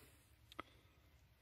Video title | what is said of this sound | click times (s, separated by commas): How to tell if your male dog is fertile - Petcount Sperm Analysis Demo | you hear it click, and it'll display a 30 minute. | 0.5 s, 0.6 s